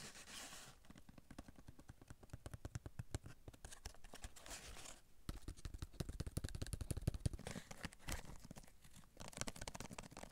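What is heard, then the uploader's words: Quick tapping on a surface, with dense runs of crisp, rapid taps between about 1 and 5 seconds and again from 5 to 9 seconds. Brief hissy, crinkly pauses separate the runs. TAPPING With A $20 Mic. ASMR The Best TAPPING.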